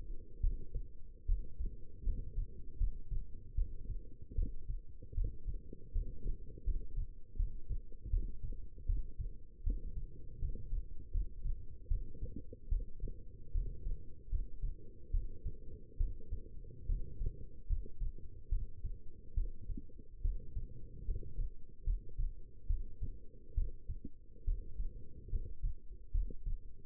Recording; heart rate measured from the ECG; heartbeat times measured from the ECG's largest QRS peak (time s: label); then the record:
heart sounds by stethoscope; 75 bpm
0.40 s: heartbeat
1.26 s: heartbeat
2.03 s: heartbeat
2.77 s: heartbeat
3.55 s: heartbeat
4.35 s: heartbeat
5.14 s: heartbeat
5.92 s: heartbeat
6.64 s: heartbeat
7.36 s: heartbeat
8.10 s: heartbeat
8.86 s: heartbeat
9.63 s: heartbeat
10.39 s: heartbeat
11.11 s: heartbeat
11.88 s: heartbeat
12.69 s: heartbeat
13.52 s: heartbeat
14.29 s: heartbeat
15.11 s: heartbeat
15.97 s: heartbeat
16.86 s: heartbeat
17.67 s: heartbeat
18.49 s: heartbeat
19.34 s: heartbeat
20.22 s: heartbeat
21.05 s: heartbeat
21.84 s: heartbeat
22.67 s: heartbeat
23.54 s: heartbeat
24.44 s: heartbeat
25.29 s: heartbeat
26.11 s: heartbeat
From the record:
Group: healthy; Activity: rest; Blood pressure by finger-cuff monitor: 116/68 mmHg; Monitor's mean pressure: 81 mmHg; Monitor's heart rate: 75 bpm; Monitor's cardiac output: 6.8 L/min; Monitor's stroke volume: 88 mL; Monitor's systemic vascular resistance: 900 dyn s/cm5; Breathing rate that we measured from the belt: 16 breaths a minute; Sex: female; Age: 22 years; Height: 171 cm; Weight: 65.6 kg